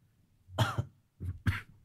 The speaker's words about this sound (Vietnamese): Ho quá cơ. Ho quá.